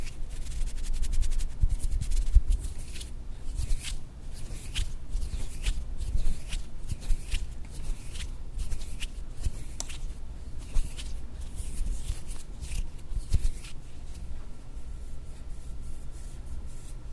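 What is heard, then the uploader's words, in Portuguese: Objects are rubbed and dragged across a microphone at very close range, making a steady stream of scratchy rustles, taps and sharp clicks. A deep, muffled rumble from the handling runs underneath throughout, with a few louder knocks around two and thirteen seconds. Arrepiando sua nuca passando coisas no mic ASMR.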